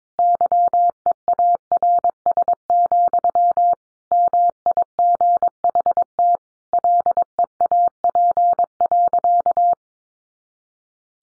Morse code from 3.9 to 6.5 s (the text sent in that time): MIGHT